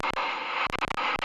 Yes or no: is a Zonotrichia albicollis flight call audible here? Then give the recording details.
no. No flight call is heard. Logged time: 22:54 on 31 October 2014